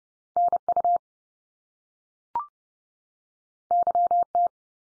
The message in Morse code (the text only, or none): NU YT